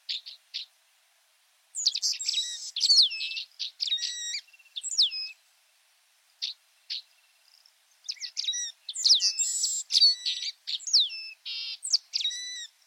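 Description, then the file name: White-browed meadowlark singing high, complex phrases of sharp whistled and buzzy notes, in two bursts separated by a pause with a few scattered single notes. "Canto da loica de sobrancelha branca"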